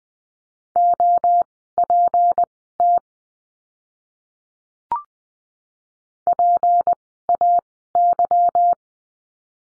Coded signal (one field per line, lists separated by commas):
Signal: Morse code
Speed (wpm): 20 wpm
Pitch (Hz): 700 Hz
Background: none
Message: OPT PAY